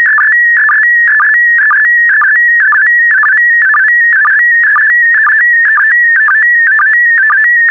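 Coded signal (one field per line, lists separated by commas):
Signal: SSTV (slow-scan television)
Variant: PD120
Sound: warbling stepped tones around 1.5-2 kHz, repeating roughly twice per second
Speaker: complete. You can now check your decoded image against the picture that is shown on the video.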